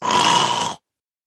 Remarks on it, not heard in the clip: Make the sound of a snore through the mouth and it goes like this. So now close your mouth and try and snore through your mouth with your mouth closed. You can't.